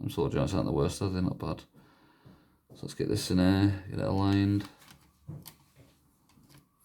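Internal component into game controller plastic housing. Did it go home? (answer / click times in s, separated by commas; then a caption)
no / none. Someone talks while reassembling a broken Xbox One controller for repair, lining up an internal part against the plastic housing, with faint handling sounds between phrases. Nothing has seated or clicked yet by the end of the clip.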